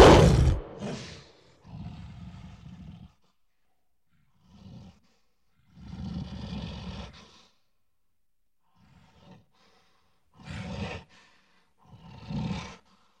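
Gorilla giving a loud opening roar followed by a series of rough, breathy huffs and shorter growling bursts separated by silences.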